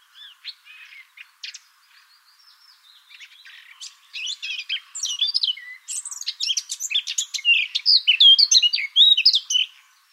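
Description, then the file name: Eurasian blackcap singing a scratchy, quiet warble that swells into a louder, faster stream of bright, fluty and chattering notes over about ten seconds. "Sylvia atricapilla"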